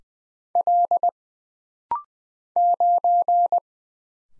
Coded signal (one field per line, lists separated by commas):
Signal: Morse code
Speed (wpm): 20 wpm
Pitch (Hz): 700 Hz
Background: none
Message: L 9